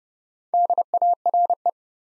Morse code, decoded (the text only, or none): DARE